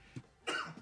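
A single short, harsh cough from an adult, preceded by a faint throat sound; an ordinary cough.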